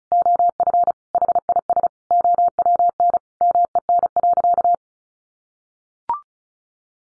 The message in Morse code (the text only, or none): OF HIS OWN MEN.